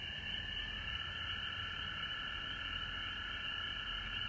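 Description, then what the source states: Frog chorus, a dense unbroken mass of trilling at middle and high pitches, steady throughout, over a low rumbling background. Frogs recorded at home in Georgia on March 19, 2020.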